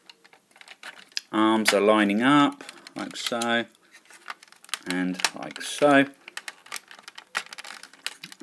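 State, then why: Seated. While transforming a Sirtoys knock-off Transformers Victory Star Saber plastic toy robot, someone talks while lining up the arm sections and pushing them together, with light plastic taps and clicks throughout. A sharp plastic click at 8.1 s marks the plastic arm section locking into place in the toy robot body.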